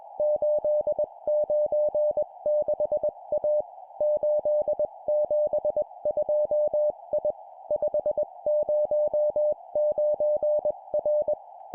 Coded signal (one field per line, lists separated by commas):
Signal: Morse code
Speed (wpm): 21 wpm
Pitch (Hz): 600 Hz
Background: none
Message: 896A 872I 509R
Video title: 20wpm Four letter words number,number,number,letter, cw morse code course